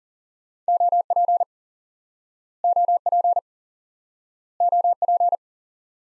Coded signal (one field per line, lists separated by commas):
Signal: Morse code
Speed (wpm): 40 wpm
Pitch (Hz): 700 Hz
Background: none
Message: OP OP OP